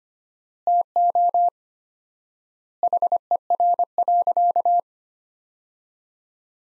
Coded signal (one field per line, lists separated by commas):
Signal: Morse code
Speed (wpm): 25 wpm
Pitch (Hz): 700 Hz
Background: none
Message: TO HER.